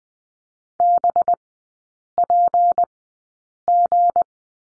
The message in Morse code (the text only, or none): BPG